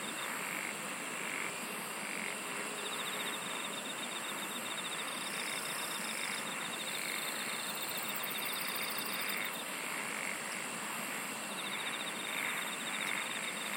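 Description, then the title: Several insects trilling together, with sustained high buzzing and quick pulsed phrases coming and going throughout, amid steady background noise. "SINGING OF INSECTS"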